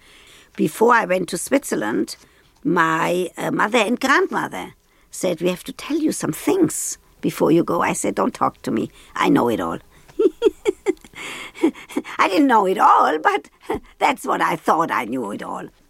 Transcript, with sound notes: before I went to Switzerland, my mother and grandmother said, we have to tell you some things before you go. I said, don't talk to me. I know it all (laughter). I didn't know it all, but that's what I thought, I knew it all.